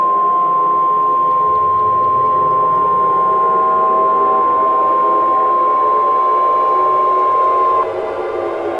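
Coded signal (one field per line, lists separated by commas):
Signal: Emergency Alert System (SAME) tones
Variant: 1050 Hz attention tone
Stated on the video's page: Fictional EAS scenario.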